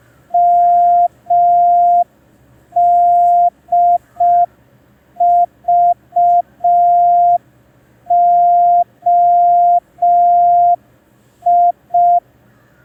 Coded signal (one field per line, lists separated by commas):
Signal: Morse code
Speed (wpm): 5 wpm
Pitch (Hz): 700 Hz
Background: none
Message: MDVOI